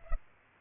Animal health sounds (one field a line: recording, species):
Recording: mosquito wingbeat signal from an infrared sensor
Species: Culex pipiens